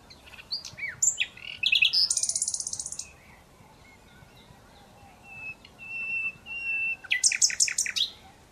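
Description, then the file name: Common Nightingale song with a rapid pulsing trill, soft drawn-out whistles in the pause, then a burst of sharp notes. "Luscinia megarhynchos"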